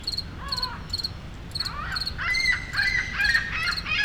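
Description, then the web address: Cricket chirping in short pulsed bursts about twice a second, overlapped by squealing gull calls mostly in the second half, over a steady low city rumble. Single cricket in a city park ambience with seagulls and city rumble, Montreal, Canada. "Articulated Sounds - Nature in the City AMB PARK Solo Cricket, Seagulls, City Rumble, Montreal, Canada"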